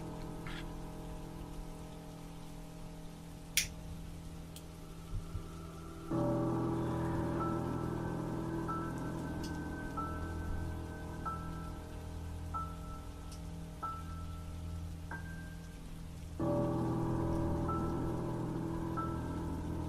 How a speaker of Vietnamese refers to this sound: Ở bên ngoài kia, mưa vẫn cứ rơi rả rích như một nét đặc trưng của Vân Nam vậy.